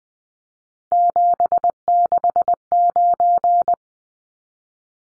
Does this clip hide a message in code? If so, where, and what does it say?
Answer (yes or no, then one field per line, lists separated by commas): yes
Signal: Morse code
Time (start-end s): 0.9-3.7 s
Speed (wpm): 20 wpm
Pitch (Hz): 700 Hz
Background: none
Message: 769